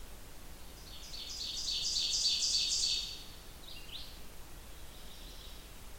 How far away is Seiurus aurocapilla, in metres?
about 40 m